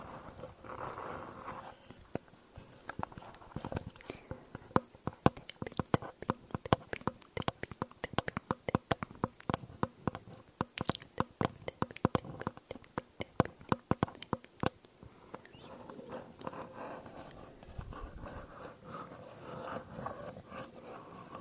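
Mouth sounds and tapping: a dense run of sharp clicks, smacks and taps, fast and irregular, clustering most thickly from about three to fifteen seconds. Before and after, softer wet mouth noises and a low murmuring hum fill the gaps.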